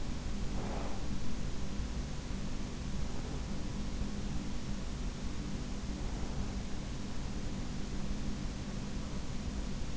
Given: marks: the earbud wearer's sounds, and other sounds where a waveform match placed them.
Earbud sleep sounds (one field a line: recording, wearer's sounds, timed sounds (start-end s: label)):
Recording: sounds in sleep by an in-ear microphone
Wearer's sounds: breath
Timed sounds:
0.00-1.43 s: breath